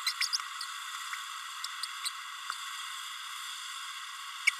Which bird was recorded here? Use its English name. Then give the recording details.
Green-rumped Parrotlet. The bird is a male. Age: 31 days. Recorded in a nest box in Venezuela. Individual 17B32A6